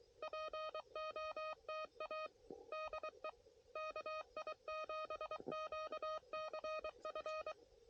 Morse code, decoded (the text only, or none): POTA DE KI7QCF